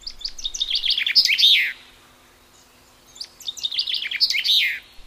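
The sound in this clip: Common chaffinch singing two complete songs about three seconds apart, each a quick descending series of bright notes closing with a short emphatic flourish, over a faint low hum.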